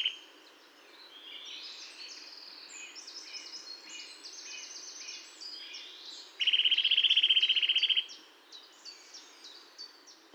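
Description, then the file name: Eurasian nuthatch giving a loud, rapid trill of evenly spaced notes for about one and a half seconds, after a stretch of scattered chirps from other birds. "Sitta europaea"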